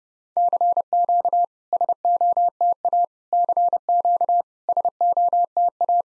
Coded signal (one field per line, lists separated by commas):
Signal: Morse code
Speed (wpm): 30 wpm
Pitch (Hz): 700 Hz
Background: none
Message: CQ SOTA CQ SOTA